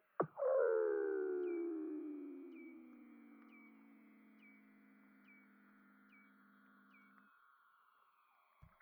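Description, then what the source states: Weddell seal call: a sharp chirp, then a strong tone gliding down and slowly fading, with soft brief chirps repeated about once a second above. Recorded in Antarctica.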